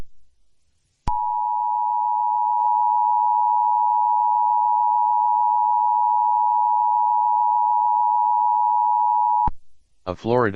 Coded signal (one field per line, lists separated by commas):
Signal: Emergency Alert System (SAME) tones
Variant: 853 and 960 Hz attention tone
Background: speech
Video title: EAS Child Abduction Emergency recreation